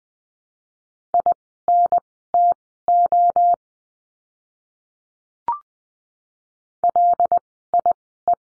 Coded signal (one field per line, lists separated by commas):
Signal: Morse code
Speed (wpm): 20 wpm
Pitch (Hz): 700 Hz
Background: none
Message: INTO LIE